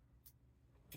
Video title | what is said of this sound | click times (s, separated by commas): Master Key System Explained By Locksmith #Tutorial #masterkey #rekey #how #locksmith #educational | I don't know if you heard it there was a little click | 0.9 s